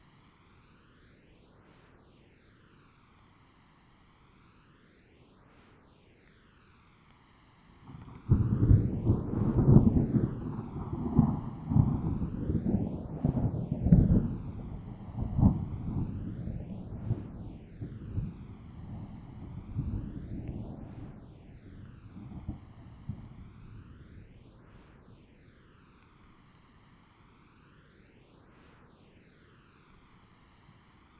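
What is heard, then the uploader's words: A thunderstorm rumbles with a single long roll of thunder. It is quiet for the first eight seconds, then a sudden crack opens into deep, crackling rumbling that peaks around ten to fifteen seconds and slowly fades out by about twenty-five seconds. 8D Thunderstorm.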